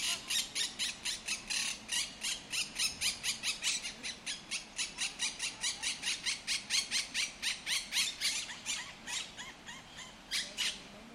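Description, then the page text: Monk parakeet squawking, a long fast run of loud, harsh, grating calls without pause throughout. El Retiro park, Madrid, which has Europe's largest monk parakeet population. "Cities and Memory - remixing the world. Monk parakeets in Madrid. Madrid has the greatest population of Monk Parakeets in Europe, many of whom can be seen and heard in the El Retiro park"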